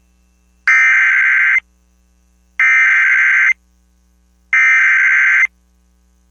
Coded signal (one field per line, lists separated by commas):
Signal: Emergency Alert System (SAME) tones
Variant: header bursts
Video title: EAS #1100: EAS Severe Thunderstorm Warning- Aug. 3, 2025- 2:50PM PDT